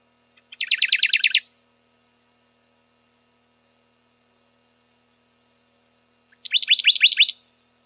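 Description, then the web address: Radde's warbler repeating two rattling trills of sharp notes, each about a second long and roughly six seconds apart, in a quiet background. "Phylloscopus schwarzi"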